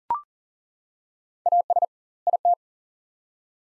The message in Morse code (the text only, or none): AS IT